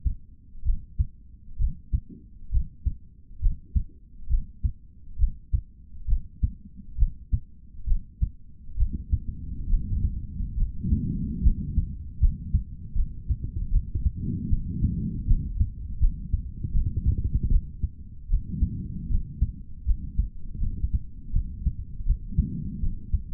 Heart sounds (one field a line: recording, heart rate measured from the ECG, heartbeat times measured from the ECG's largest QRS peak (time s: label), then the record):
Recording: heart sounds by stethoscope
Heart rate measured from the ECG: 73 bpm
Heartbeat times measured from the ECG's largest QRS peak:
0.63 s: heartbeat
1.57 s: heartbeat
2.50 s: heartbeat
3.40 s: heartbeat
4.28 s: heartbeat
5.17 s: heartbeat
6.06 s: heartbeat
6.96 s: heartbeat
7.85 s: heartbeat
8.75 s: heartbeat
9.68 s: heartbeat
10.56 s: heartbeat
11.41 s: heartbeat
12.18 s: heartbeat
12.94 s: heartbeat
13.70 s: heartbeat
14.48 s: heartbeat
15.25 s: heartbeat
15.98 s: heartbeat
16.72 s: heartbeat
17.48 s: heartbeat
18.28 s: heartbeat
19.08 s: heartbeat
19.84 s: heartbeat
20.59 s: heartbeat
21.31 s: heartbeat
22.04 s: heartbeat
22.80 s: heartbeat
From the record:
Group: healthy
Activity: breath hold 0-9 s, rest 9-23 s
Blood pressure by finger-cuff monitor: 127/74 mmHg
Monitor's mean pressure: 92 mmHg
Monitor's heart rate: 70 bpm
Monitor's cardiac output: 4 L/min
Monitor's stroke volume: 57 mL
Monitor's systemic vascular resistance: 1640 dyn s/cm5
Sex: male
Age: 55 years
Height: 167 cm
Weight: 57.2 kg